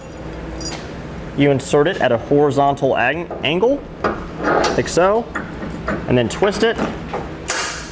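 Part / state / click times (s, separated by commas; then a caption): removable tow bar arm into vehicle base plate receiver / seated / 7.5 s. A removable steel arm of a Blue Ox base plate kit on a 2013 Nissan Frontier is inserted into the base plate receiver at a horizontal angle and then twisted until it locks, letting the vehicle hook up to tow bars for flat towing behind an RV. Someone talks throughout, with short knocks at 0.6 s and 4.1 s. The arm twist-locks into place with a click at 7.5 s.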